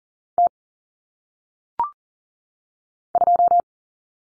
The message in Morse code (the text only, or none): T 2